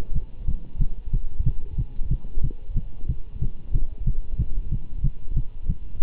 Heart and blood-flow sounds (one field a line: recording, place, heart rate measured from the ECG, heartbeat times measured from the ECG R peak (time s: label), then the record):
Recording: heart sounds by stethoscope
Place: between the tricuspid and mitral areas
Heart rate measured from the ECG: 184 bpm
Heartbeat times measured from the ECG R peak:
0.14 s: heartbeat
0.47 s: heartbeat
0.79 s: heartbeat
1.12 s: heartbeat
1.45 s: heartbeat
1.77 s: heartbeat
2.10 s: heartbeat
2.42 s: heartbeat
2.75 s: heartbeat
3.08 s: heartbeat
3.40 s: heartbeat
3.73 s: heartbeat
4.05 s: heartbeat
4.38 s: heartbeat
4.70 s: heartbeat
5.03 s: heartbeat
5.35 s: heartbeat
5.68 s: heartbeat
6.00 s: heartbeat
From the record:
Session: Bruce protocol treadmill stress test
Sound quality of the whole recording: good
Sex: male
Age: 24 years